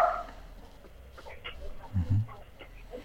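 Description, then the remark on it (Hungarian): A few faint dog barks, one short high yelp at the start and a deeper pair of woofs later, over a murmuring background with indistinct voices. “Nagyon érdekes hangokat hallunk. Ezek a kutyák, bocsánat, ezek a asamhoz tartoznak, vagy ezek ilyen kóborkutyák?”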